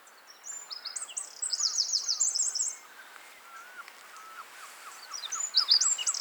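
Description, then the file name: Eurasian wren song in two bursts, rapid high chattering notes with a buzzy trill, while another bird gives soft lower slurred notes throughout. "Troglodytes troglodytes"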